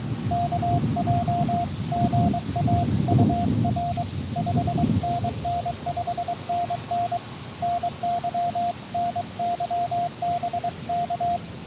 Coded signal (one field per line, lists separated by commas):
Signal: Morse code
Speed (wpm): 21 wpm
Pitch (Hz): 690 Hz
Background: radio noise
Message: KJ GA UR 5NN 5NN NY NY BK